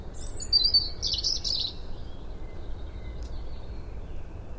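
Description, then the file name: European robin song: one high, thin phrase of quick warbled and trilled notes lasting under two seconds, over a steady low rushing noise. "Erithacus rubecula"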